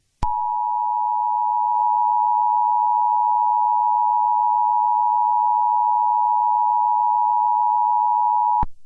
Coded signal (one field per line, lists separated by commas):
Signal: Emergency Alert System (SAME) tones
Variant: 853 and 960 Hz attention tone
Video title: Eas Scenario: Apocalipsis Calle Dalmatas 101 (Capitulo 01: el comienzo)